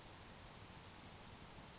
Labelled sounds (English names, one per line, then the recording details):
Grasshopper Sparrow
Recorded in Sonoma County, California